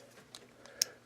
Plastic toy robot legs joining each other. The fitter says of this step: we put them together and they just click into place just like that